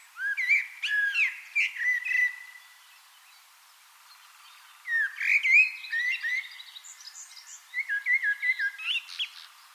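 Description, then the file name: Common blackbird song: fluty warbled phrases with thin, squeaky high twitters, two bursts of song separated by a short pause. "Turdus merula"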